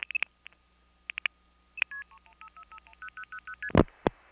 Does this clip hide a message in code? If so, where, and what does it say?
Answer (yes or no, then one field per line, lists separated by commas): yes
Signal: multi-frequency trunk signalling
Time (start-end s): 2.1-3.7 s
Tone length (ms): 80 ms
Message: 31 10000ST